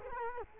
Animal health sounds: mosquito wingbeat signal from an infrared sensor; Culex quinquefasciatus

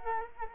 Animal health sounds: mosquito wingbeat signal from an infrared sensor; Culex quinquefasciatus

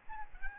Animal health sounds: mosquito wingbeat signal from an infrared sensor; Aedes albopictus

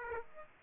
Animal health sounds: mosquito wingbeat signal from an infrared sensor; Aedes aegypti

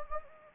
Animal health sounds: mosquito wingbeat signal from an infrared sensor; Anopheles gambiae

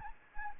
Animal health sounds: mosquito wingbeat signal from an infrared sensor; Anopheles arabiensis

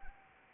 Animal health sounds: mosquito wingbeat signal from an infrared sensor; Anopheles arabiensis

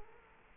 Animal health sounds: mosquito wingbeat signal from an infrared sensor; Culex quinquefasciatus

